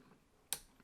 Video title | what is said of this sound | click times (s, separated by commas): Smith & Wesson M&P 15-22 Review & accessories | click right there, | 0.5 s